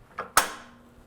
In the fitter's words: there's a click